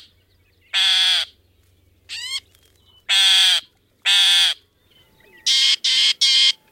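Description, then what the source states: Northern shrike harsh calls, loud nasal rasping notes about half a second long, repeated irregularly, with a shorter rising note and three quick clipped notes at the end. Recorded October 2007.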